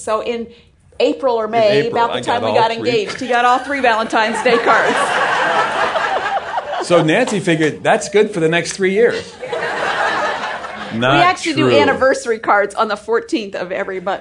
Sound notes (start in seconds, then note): 5.0 laughter; 9.1 laughter